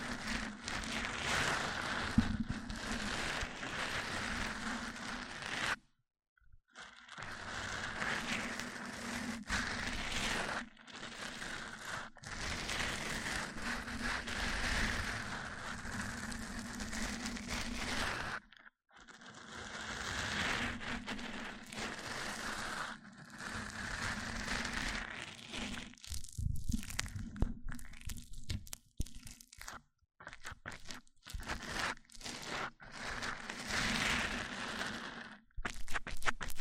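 Mic-on-mic triggers: dense, crackly scratching and rubbing that runs almost continuously, with a steady low hum underneath. The sound cuts out abruptly near 6 and 18 seconds, and after about 26 seconds it turns choppy, with short bursts and brief gaps.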